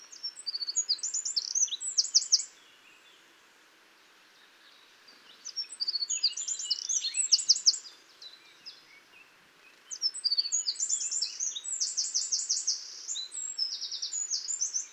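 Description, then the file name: Eurasian wren delivering three separate bursts of high, rattling trilled song, each a few seconds long with quiet pauses between them. "Troglodytes troglodytes"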